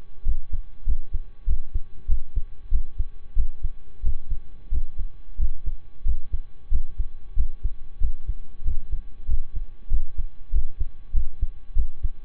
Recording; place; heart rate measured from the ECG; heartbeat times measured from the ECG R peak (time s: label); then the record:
heart sounds by stethoscope; between the tricuspid and mitral areas; 94 bpm
0.22 s: heartbeat
0.83 s: heartbeat
1.44 s: heartbeat
2.05 s: heartbeat
2.68 s: heartbeat
3.33 s: heartbeat
4.00 s: heartbeat
4.68 s: heartbeat
5.36 s: heartbeat
6.02 s: heartbeat
6.68 s: heartbeat
7.33 s: heartbeat
7.97 s: heartbeat
8.62 s: heartbeat
9.25 s: heartbeat
9.87 s: heartbeat
10.49 s: heartbeat
11.11 s: heartbeat
11.72 s: heartbeat
From the record:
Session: slow and fast walking with breaks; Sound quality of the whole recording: saturated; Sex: male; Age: 25 years